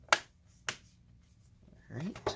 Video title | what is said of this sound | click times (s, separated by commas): Asus X420U Disassembly Motherboard Replacement Repair | It snaps back in place just by pushing on it. | 0.1 s, 0.7 s